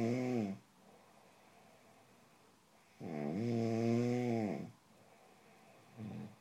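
An adult snoring: loud, tonal snores separated by quiet gaps.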